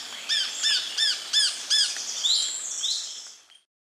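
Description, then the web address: Club-winged Manakin sounds: five arched, harmonic-rich notes about every third of a second, then two drawn-out ringing sweeps that fade away. Recorded in Ecuador, South America. "S America Birds of Ecuador Club-winged Manakin"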